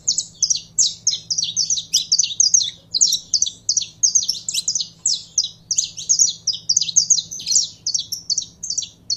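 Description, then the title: Belgian canary singing a long, unbroken stream of sharp, high trilled notes in regular pulses. Song of a purebred Belgian canary. "Canto Do Canário Belga Puro"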